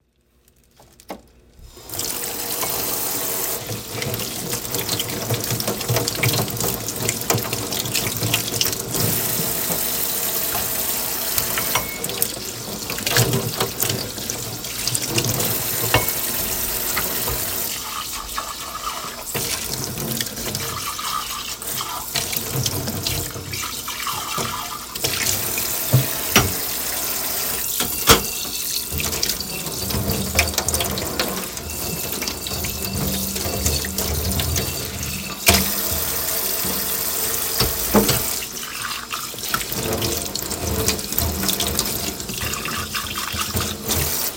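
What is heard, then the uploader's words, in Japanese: Dishes are being washed at a sink, with a running tap pouring steadily from about two seconds on after a brief quiet start. The water's hiss stays dense throughout, shifting now and then as hands and plates move under the stream. お皿を洗う音。お皿洗いの音を撮ってみました。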